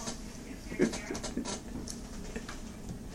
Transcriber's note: laughter